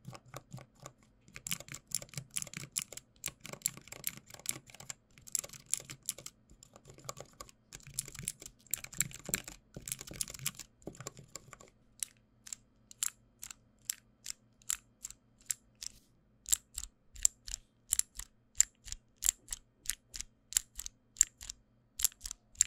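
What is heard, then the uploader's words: Switches and buttons click in quick, uneven flurries for the first twelve seconds, with a low hum underneath. After that the clicks thin out into single sharp snaps, coming in a steady, regular rhythm about twice a second until the end. 按鍵與開關觸發. Switches and Other Clicky Sounds. NoTalking.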